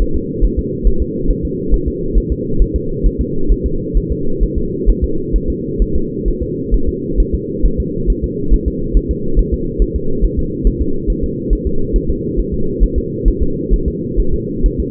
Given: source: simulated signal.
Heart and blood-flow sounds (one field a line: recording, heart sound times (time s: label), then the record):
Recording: fetal heart sounds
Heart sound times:
0.02 s: S1
0.16 s: S2
0.44 s: S1
0.59 s: S2
0.87 s: S1
1.02 s: S2
1.31 s: S1
1.45 s: S2
1.74 s: S1
1.88 s: S2
2.18 s: S1
2.32 s: S2
2.62 s: S1
2.76 s: S2
3.06 s: S1
3.21 s: S2
3.52 s: S1
3.66 s: S2
3.97 s: S1
4.12 s: S2
4.43 s: S1
4.58 s: S2
4.89 s: S1
5.04 s: S2
5.36 s: S1
5.50 s: S2
5.82 s: S1
5.96 s: S2
6.28 s: S1
6.43 s: S2
6.74 s: S1
6.89 s: S2
7.20 s: S1
7.34 s: S2
7.65 s: S1
7.80 s: S2
8.10 s: S1
8.24 s: S2
8.54 s: S1
8.68 s: S2
8.97 s: S1
9.11 s: S2
9.39 s: S1
9.54 s: S2
9.82 s: S1
9.96 s: S2
10.25 s: S1
10.39 s: S2
10.67 s: S1
10.81 s: S2
11.10 s: S1
11.24 s: S2
11.53 s: S1
11.67 s: S2
11.96 s: S1
12.10 s: S2
12.39 s: S1
12.54 s: S2
12.83 s: S1
12.98 s: S2
13.28 s: S1
13.43 s: S2
13.74 s: S1
13.88 s: S2
14.20 s: S1
14.34 s: S2
14.66 s: S1
14.80 s: S2
From the record:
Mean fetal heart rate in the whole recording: 135 bpm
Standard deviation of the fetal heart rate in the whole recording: 3 bpm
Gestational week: 36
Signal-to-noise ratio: -8.1 dB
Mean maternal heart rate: 72 bpm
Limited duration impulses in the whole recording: absent